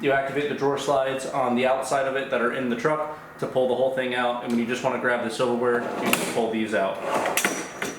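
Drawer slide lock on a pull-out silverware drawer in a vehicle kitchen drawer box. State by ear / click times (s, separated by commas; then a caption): not seated / none. Someone talks while a small silverware drawer is pulled out on its slides inside a wooden kitchen drawer box built for a 1990 Ford Bronco II. The drawer slides lock into place so the drawer will not bounce around. The drawer is being handled, and its slide lock has not clicked or seated yet.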